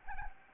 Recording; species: mosquito wingbeat signal from an infrared sensor; Anopheles gambiae